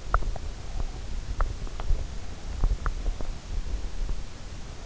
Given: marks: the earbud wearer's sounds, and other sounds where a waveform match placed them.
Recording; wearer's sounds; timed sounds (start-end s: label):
sounds in sleep by an in-ear microphone; teeth grinding
0.00-3.40 s: teeth grinding